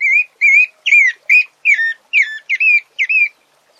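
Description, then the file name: Pale-breasted thrush singing eight rich whistled notes in quick succession, each swooping up and down. "Canto do Sabia barranco"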